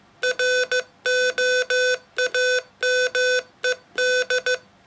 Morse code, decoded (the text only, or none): ROAMED